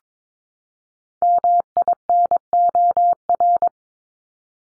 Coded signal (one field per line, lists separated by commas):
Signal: Morse code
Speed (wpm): 22 wpm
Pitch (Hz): 700 Hz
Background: none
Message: MINOR